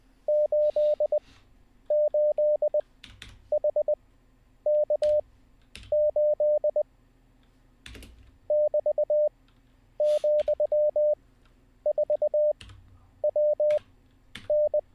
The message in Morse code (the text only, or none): 88HK8 <BT>,4WN